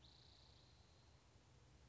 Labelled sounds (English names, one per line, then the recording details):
Spotted Towhee
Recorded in Sonoma County, California